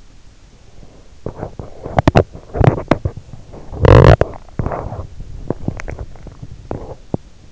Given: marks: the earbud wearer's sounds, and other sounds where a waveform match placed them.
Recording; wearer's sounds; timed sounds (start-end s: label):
sounds in sleep by an in-ear microphone; teeth grinding
0.53-7.30 s: teeth grinding